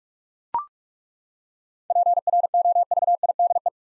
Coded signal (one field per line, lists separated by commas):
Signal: Morse code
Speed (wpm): 42 wpm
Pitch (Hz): 700 Hz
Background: none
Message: PROVIDE